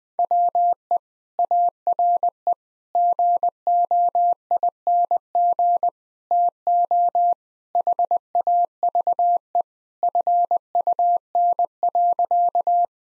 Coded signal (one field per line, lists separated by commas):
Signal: Morse code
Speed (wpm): 20 wpm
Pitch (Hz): 700 Hz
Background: none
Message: WE ARE GOING TO HAVE FUN.